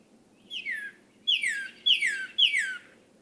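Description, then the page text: Northern cardinal song: one soft downslurred whistle, then three loud whistles sliding steeply down in pitch, spaced about half a second apart. Male leaving his night roost and beginning his day, on one of 13 mornings in late April and early May 2018, in a crabapple tree in a yard in Hatfield, Massachusetts. "Northern Cardinal. Cardinals awaking—13 mornings to explore!"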